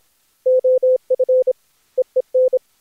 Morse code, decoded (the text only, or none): OF EEN